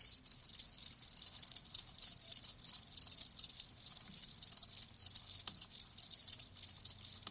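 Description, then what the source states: Crickets chirping in a dense, continuous high-pitched chorus, with overlapping pulsed trills and no other clear sounds. Live crickets chirping, presented as a sleep sound.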